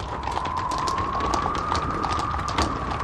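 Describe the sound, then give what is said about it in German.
Horse hooves clip-clop in a quick, uneven series of sharp knocks over a steady rushing wind noise, with a leather saddle creaking and a thin sustained tone running underneath throughout. “Klapp, klapp, klapp. Impulsgeräusche. Rauschen. Wind. Das Knarzen des Ledersattels.”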